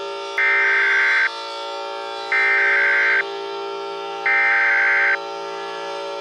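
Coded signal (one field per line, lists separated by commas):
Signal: Emergency Alert System (SAME) tones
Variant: header bursts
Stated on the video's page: Mock EAS scenario, a fictional recreation.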